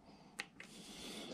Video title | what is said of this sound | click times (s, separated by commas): Xiaomi m365 pro folding base & pole replacement | There we go. That made a little clicking sound. | 0.4 s